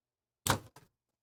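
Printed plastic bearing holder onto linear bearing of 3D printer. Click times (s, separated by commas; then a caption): 0.5 s. A 3D-printed plastic bearing holder is slid down over a linear bearing of a 3D printer and pressed until it snaps into place. A sharp, broadband snap is heard at 0.5 s, followed by a fainter, short rattle at about 0.8 s. The part is seated.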